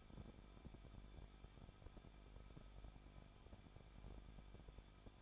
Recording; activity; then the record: daily activity, microphone in the room; no activity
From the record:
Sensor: 5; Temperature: 20.8 degrees Celsius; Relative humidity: 38.5%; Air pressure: 1006.5 hPa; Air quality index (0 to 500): 191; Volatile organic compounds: 20 ppm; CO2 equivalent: 2689 ppm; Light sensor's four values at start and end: 2/3/1/1 and 2/3/1/1